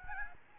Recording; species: mosquito wingbeat signal from an infrared sensor; Aedes albopictus